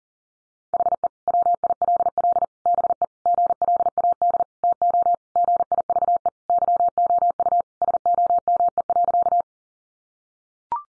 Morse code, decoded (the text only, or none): HE WILL BE GLAD TO GIVE YOU SOME.